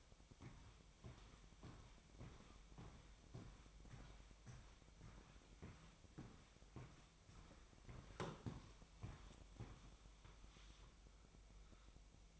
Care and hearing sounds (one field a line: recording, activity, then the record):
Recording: daily activity, microphone in the room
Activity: walk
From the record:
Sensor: 1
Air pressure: 1001.6 hPa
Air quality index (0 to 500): 223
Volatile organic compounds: 31 ppm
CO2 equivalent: 2970 ppm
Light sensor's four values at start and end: 9/32/11/13 and 8/30/11/12